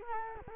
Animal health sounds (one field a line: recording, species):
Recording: mosquito wingbeat signal from an infrared sensor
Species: Culex quinquefasciatus